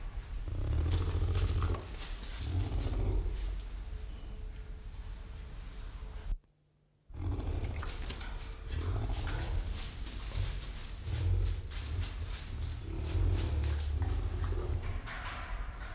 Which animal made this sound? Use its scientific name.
Pecari tajacu